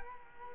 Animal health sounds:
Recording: mosquito wingbeat signal from an infrared sensor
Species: Culex quinquefasciatus

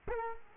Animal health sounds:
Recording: mosquito wingbeat signal from an infrared sensor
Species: Culex quinquefasciatus

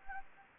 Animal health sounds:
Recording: mosquito wingbeat signal from an infrared sensor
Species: Anopheles gambiae

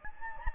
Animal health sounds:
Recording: mosquito wingbeat signal from an infrared sensor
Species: Anopheles gambiae

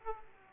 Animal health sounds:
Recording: mosquito wingbeat signal from an infrared sensor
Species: Aedes aegypti

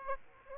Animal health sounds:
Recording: mosquito wingbeat signal from an infrared sensor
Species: Aedes aegypti

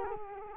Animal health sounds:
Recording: mosquito wingbeat signal from an infrared sensor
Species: Culex quinquefasciatus

